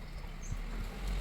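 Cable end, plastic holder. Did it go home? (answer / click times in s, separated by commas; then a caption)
no / none. A new hood release cable end, replacing a cut one on a Skoda Octavia mk2, is handled at its plastic holder on the hood latch. Only steady low-frequency rumble and faint handling noise are heard, with no sharp transients. Nothing has seated or clicked yet.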